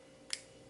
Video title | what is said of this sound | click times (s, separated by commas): HOW TO MODIFY A SLIMLINE PRO LI TO FIT A GTX BLADE | like that you guys heard that click so as you guys can see wow | 0.3 s